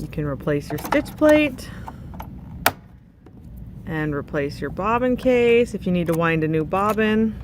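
Someone talks while the metal stitch (needle) plate is put back onto the bed of a sewing machine after cleaning and oiling. A single loud, sharp snap at 2.7 s marks the plate seating back into place, and the talking then continues.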